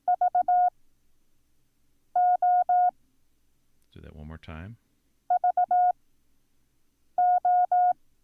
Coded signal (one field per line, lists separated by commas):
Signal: Morse code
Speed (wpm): 18 wpm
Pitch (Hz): 720 Hz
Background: speech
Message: VOVO